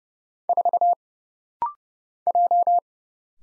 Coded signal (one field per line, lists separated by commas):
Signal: Morse code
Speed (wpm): 29 wpm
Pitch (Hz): 700 Hz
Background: none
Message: 4 J